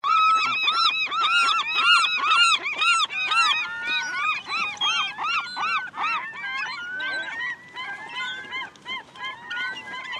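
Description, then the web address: Gulls calling in a crowd, with many loud, arched, squealing calls overlapping in rapid succession and fading to a more scattered chorus. "seagulls many"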